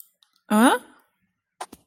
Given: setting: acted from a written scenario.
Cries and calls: vocal sound without words; confusion

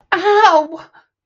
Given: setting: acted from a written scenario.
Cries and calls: vocal sound without words; pain

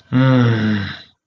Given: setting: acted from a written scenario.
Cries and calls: vocal sound without words; shame

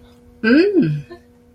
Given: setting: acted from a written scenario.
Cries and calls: vocal sound without words; neutral

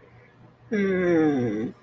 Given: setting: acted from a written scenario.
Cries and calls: vocal sound without words; shame

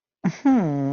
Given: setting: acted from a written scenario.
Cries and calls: vocal sound without words; adoration

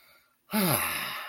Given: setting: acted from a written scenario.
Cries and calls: vocal sound without words; contentment

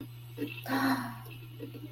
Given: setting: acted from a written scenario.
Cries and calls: vocal sound without words; sympathy

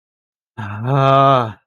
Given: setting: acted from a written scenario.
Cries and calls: vocal sound without words; ecstasy

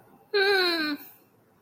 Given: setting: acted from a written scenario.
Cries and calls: vocal sound without words; distress

